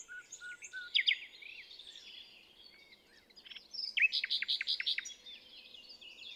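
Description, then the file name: Common nightingale song: scattered whistles and chirps, then a burst of loud repeated sharp notes followed by softer warbling. "Luscinia megarhynchos"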